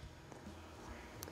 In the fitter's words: so to install your control board back in place again just go ahead and hook your rtd back up here make sure it locks in place